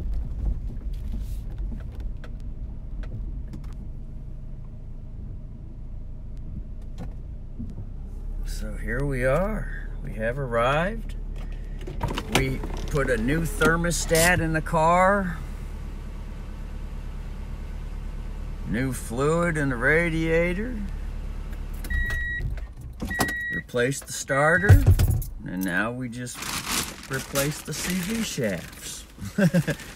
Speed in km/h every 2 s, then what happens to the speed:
5, 5, 5, 5, 5, 1, 1, 1, 1, 1, 1, 1, 1, 1, 1.
0-10 steady at about 5. 10-30 standing.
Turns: none.